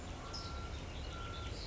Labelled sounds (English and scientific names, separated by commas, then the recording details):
California Towhee (Melozone crissalis)
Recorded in Sonoma County, California